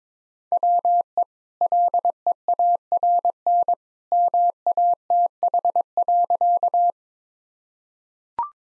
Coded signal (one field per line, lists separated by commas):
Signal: Morse code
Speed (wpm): 22 wpm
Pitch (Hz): 700 Hz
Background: none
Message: WE LEARN MATH.